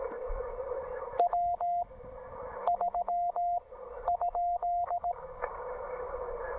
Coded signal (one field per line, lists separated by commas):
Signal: Morse code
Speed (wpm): 16 wpm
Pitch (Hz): 700 Hz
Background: radio noise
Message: W 3 ?